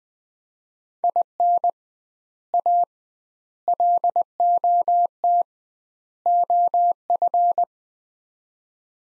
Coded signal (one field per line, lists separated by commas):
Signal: Morse code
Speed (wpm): 21 wpm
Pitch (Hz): 700 Hz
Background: none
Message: IN A LOT OF